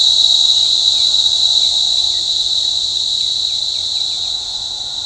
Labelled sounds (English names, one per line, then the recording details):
none
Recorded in shrubland near Pivijay, Magdalena, Colombia, on 18 April 2023 at 07:30
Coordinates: 10.453, -74.365
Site P5-G022